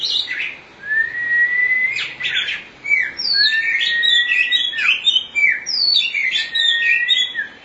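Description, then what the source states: Oriental magpie-robin song with drawn-out rising whistles and rapid varied squeaky notes tumbling together. Chirping song.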